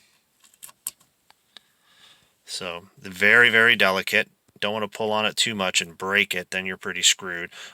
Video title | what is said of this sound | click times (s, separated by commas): Swapping Steering Wheels! | it's got a little tab there that locks in place on the top of this guy | 0.9 s